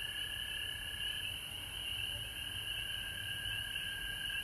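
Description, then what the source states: Frog chorus, an unbroken mass of high trilled calls holding a steady pitch, backed by low background hum. Recorded at home in Georgia on March 19, 2020.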